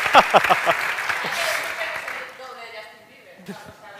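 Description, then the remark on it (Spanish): A short burst of applause: a few sharp, loud claps that blur into a brief rattling wash, then fade as voices take over for the last seconds. “Se aplauda a sí mismo.”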